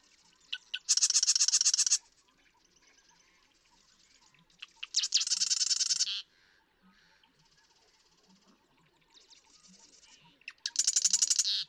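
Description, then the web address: Marsh Wren singing three loud, fast rattling trills, each about a second long and several seconds apart, with faint scratchy notes between them. "birdsongforthecurious Marsh Wren"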